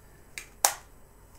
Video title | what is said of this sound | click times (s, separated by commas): Find Out What Makes Oculus Rift + Touch Controllers the Ultimate Virtual Reality Experience | not magnetic okay that clicks into place automatically okay | 0.6 s